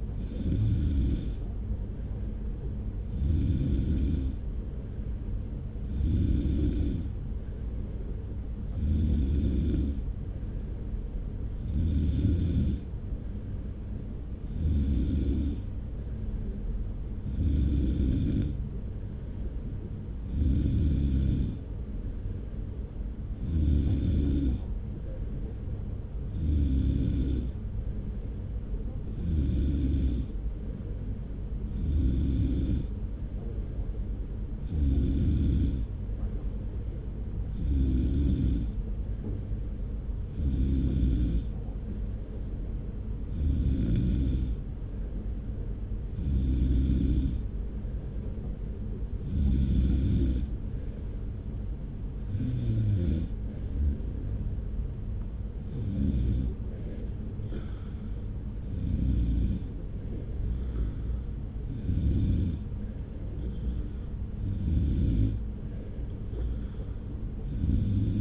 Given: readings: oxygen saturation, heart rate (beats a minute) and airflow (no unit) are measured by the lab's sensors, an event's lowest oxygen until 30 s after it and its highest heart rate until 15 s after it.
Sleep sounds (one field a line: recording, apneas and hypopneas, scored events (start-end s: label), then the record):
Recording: breathing in sleep by a smartphone at the bedside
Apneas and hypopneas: none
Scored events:
none scored
From the record:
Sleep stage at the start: N3 (deep sleep)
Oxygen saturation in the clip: 93 to 94%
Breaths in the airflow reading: 25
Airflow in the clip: -1.0 to 1.4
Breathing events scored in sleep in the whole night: 335 in 6.7 hours asleep